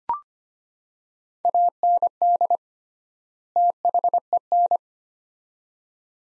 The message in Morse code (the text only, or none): AND THEN